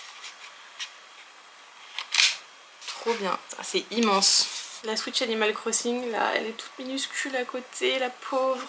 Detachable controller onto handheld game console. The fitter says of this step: Ouais, ça se clipse bien.